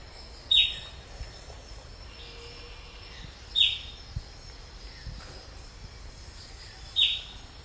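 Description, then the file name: Bird calls: short, sharp descending notes repeated about every three seconds over a hissy background and a faint high continuous whine. "SABIOD 50 bird 2015"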